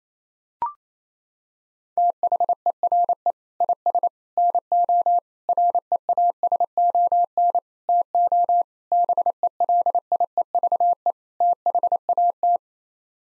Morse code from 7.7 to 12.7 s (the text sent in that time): TO BELIEVE THAT